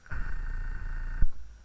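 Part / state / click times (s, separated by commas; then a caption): anti-theft lock in a car's cabin / not seated / none. An anti-theft locking device in a car's cabin is being handled and pushed toward position after the engine is switched off. A steady humming tone with low rumble runs from about 0.1 s to 1.2 s, then a brief thump. Nothing has seated or clicked into place yet.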